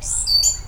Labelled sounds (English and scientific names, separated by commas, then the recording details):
Stitchbird (Notiomystis cincta) song
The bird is a male
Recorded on Tiritiri Matangi Island, New Zealand, in 2005
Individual 20, of nest box 28